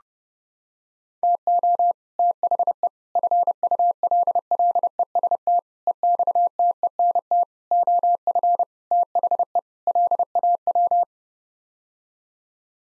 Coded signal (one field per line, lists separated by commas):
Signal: Morse code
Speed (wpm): 30 wpm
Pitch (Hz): 700 Hz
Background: none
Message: TO THE FULLEST EXTENT OF THE LAW